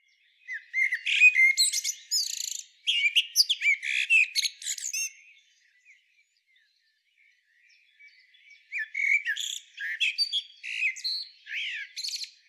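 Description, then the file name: Common blackbird gives dense, high-pitched chattering and twittering notes, then near silence for several seconds before a second run of squeaky notes. "Turdus merula"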